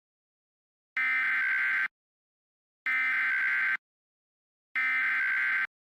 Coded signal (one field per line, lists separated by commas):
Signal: Emergency Alert System (SAME) tones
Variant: header bursts